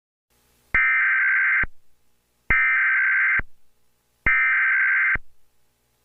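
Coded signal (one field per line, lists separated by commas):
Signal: Emergency Alert System (SAME) tones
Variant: header bursts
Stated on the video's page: Fictional EAS scenario of Nebraska flash floods.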